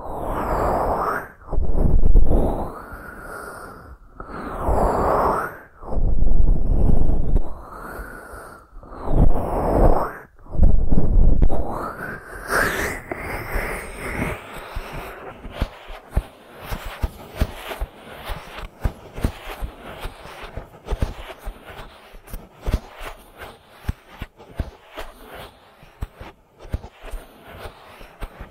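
Ear massage sounds: for the first twelve seconds, thick rubbing swells come in separate strokes, rising and falling with brief silences between. After that the texture turns to fast, uneven tapping and crackling clicks, softer and scattered, continuing to the end.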